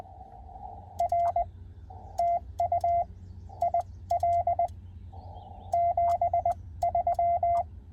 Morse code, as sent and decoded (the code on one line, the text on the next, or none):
.-. / - ..- / .. .-.. / --... ...--
R TU IL 73